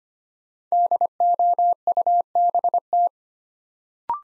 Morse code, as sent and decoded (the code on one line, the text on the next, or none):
-.. --- ..- -... -
DOUBT